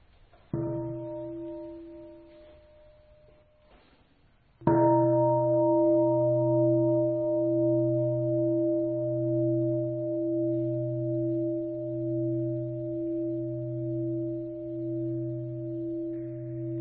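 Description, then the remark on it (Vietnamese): A deep Buddhist temple bell is struck twice for students bowing to the Three Jewels at an altar, the second stroke ringing on loudly for many seconds with a slow, pulsing hum and bright overtones, with no voices. “Con xin Thầy thỉnh ba tiếng chuông cho các em đảnh lễ Tam Bảo.”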